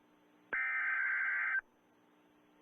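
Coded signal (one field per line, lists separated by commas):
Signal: Emergency Alert System (SAME) tones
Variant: header bursts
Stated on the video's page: Simulated EAS alert, a mock for a fictional Los Angeles nuclear attack.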